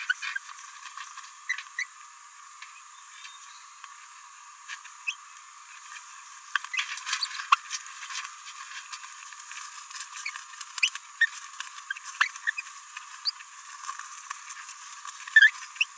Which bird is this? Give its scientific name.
Forpus passerinus